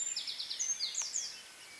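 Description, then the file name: Eurasian wren song fragment, a brief burst of high, rapid rattling trills with a sharp ringing note, then fading. "Troglodytes troglodytes"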